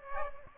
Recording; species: mosquito wingbeat signal from an infrared sensor; Aedes aegypti